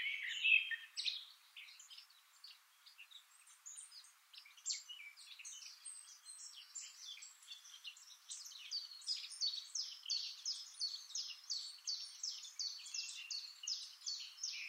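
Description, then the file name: Eurasian blackcap song: a long, rapid stream of high, scratchy warbling notes, with a louder burst at the start, a quieter stretch, then a steady, dense chatter. "Sylvia atricapilla"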